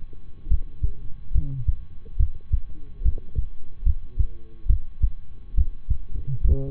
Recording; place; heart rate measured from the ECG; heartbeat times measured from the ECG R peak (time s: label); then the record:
heart sounds by stethoscope; between the tricuspid and mitral areas; 71 bpm
0.47 s: heartbeat
1.31 s: heartbeat
2.16 s: heartbeat
3.01 s: heartbeat
3.82 s: heartbeat
4.66 s: heartbeat
5.54 s: heartbeat
6.41 s: heartbeat
From the record:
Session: rest, lying down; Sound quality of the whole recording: good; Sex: male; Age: 23 years